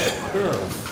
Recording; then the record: coughing mixed with background sound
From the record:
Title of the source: Mid-morning Winter Coughing Fit